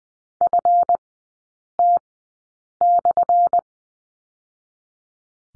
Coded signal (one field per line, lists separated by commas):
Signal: Morse code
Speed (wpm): 20 wpm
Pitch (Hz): 700 Hz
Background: none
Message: FT/